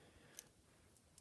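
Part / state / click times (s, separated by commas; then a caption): action figure arm into the shoulder socket / seated / 0.4 s. A plastic action figure arm is pushed back into the figure's shoulder socket after the jacket is on, with a sharp click at 0.4 s as it seats. Two fainter ticks follow near 1.0 s and 1.2 s over a quiet background, and no one talks.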